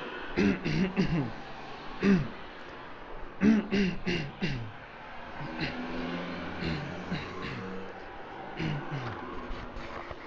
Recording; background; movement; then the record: throat clearing; traffic; walking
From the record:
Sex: male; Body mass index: 21.0 kg/m2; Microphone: on the chest, facing outward